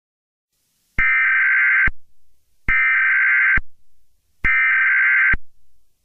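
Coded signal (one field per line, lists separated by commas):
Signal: Emergency Alert System (SAME) tones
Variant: header bursts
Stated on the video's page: Fictional EAS mini scenario about a biohazard purge; simulated alert, no music.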